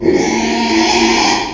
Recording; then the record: squeal of a Yucatan mini pig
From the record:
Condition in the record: after surgery on the right vocal fold (resection and tissue-engineered implant); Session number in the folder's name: 2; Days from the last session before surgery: 13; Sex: male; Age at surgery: 12 weeks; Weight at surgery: 13 kg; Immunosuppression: cyclosporine, prednisolone